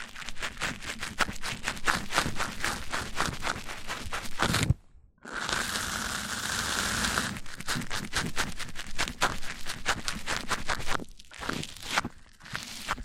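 Mic-on-mic triggers: rapid dense scratchy tapping and rubbing, a sudden stop near five seconds, a steady hiss, then more quick tapping with brief pauses.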